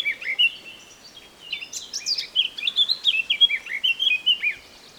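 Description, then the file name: Eurasian blackcap warbling steadily: a continuous stream of quick, varied chirps and slurred whistles, with a faint hiss behind. "Sylvia atricapilla"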